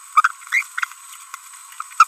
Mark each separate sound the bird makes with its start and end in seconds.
0.52-0.63, 2.00-2.04